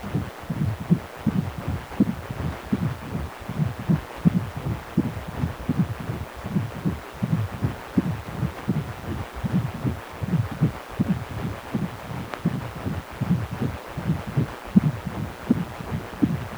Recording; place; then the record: Doppler ultrasound of blood flow; precordium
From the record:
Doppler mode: continuous wave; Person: healthy adult, 18 to 50 years, no heart murmur, not diving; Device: 2.5 MHz transducer